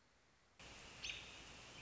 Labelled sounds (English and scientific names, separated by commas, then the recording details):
American Robin (Turdus migratorius)
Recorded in Sonoma County, California